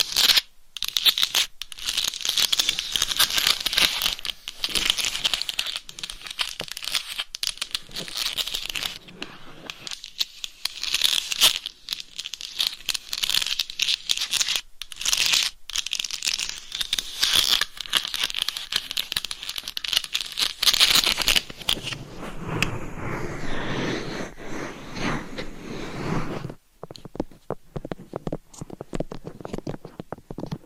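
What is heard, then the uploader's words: Scratching and tapping on a mic cover, a dense, crackly rustle that runs almost without pause, bright and hissy through the first twenty seconds with sharp taps scattered throughout. After about 21 seconds the scratching turns lower and duller, and it thins into sparse taps near the end. ASMR Binaural Dummy Head Mic Scratching & Tapping on DIY Mic Cover.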